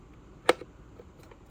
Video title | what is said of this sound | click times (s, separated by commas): External Drive Docking Station | nice little click | 0.5 s